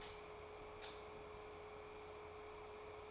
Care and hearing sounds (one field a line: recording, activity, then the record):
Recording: daily activity, microphone in the room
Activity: light off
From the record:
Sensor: 1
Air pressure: 1010.3 hPa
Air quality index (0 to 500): 172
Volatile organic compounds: 12 ppm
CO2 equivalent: 2361 ppm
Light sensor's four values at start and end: 56/151/61/76 and 53/137/56/71